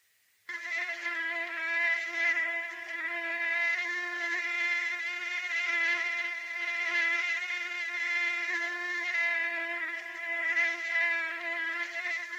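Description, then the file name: Mosquito wing whine, a steady high buzzing drone with rich harmonics, beginning after half a second and continuing with slight wavering in loudness throughout. "moustique bruit"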